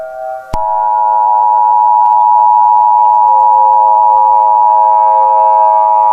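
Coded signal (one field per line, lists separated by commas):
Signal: Emergency Alert System (SAME) tones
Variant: 853 and 960 Hz attention tone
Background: music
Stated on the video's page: Homemade mock EAS tornado warning, not a real alert.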